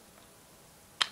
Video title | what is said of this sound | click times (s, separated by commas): Perche U Shot | tournez, vous avez entendu le petit clic, et vous dépliez, ça sort tout seul. | 1.0 s